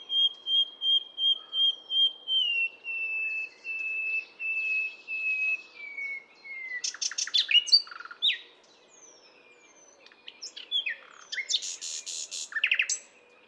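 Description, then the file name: Common nightingale sings a long, slow run of pure whistled notes that gradually fall in pitch, followed by rattling bursts and sharp chirps. "Luscinia megarhynchos"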